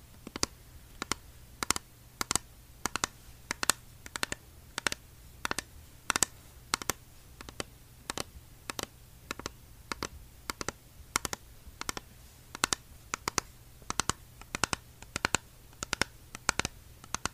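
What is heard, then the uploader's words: Eyeshadow tapping: sharp, bright clicks repeat steadily, often in quick pairs, about twice a second over a constant low hum. Asmr eyeshadow tapping.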